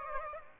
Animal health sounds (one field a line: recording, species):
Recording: mosquito wingbeat signal from an infrared sensor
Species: Aedes aegypti